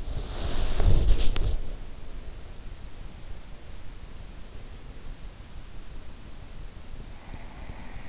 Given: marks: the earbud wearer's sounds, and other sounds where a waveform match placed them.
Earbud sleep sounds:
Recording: sounds in sleep by an in-ear microphone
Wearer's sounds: body movement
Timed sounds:
0.12-2.03 s: body movement

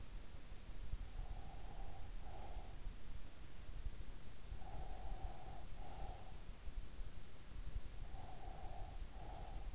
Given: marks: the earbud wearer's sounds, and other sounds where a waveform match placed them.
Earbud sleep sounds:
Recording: sounds in sleep by an in-ear microphone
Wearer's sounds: breath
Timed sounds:
1.05-3.21 s: breath
4.51-6.70 s: breath
7.94-9.75 s: breath

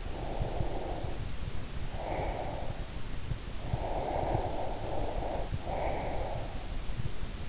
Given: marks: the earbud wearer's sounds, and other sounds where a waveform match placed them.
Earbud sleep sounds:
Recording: sounds in sleep by an in-ear microphone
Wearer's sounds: breath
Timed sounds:
0.00-2.88 s: breath
3.60-6.72 s: breath

